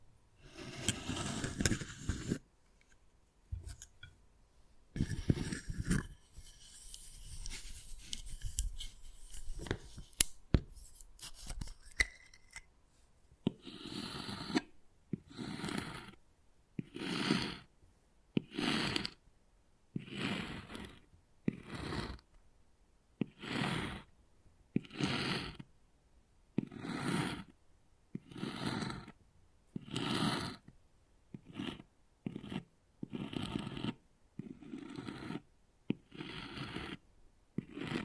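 Wood carving sounds: for the first dozen seconds, irregular scraping and scratching strokes with brief pauses. After that, a regular run of short rasping scrapes, roughly one each second, each bright and gritty, separated by silent gaps until the end.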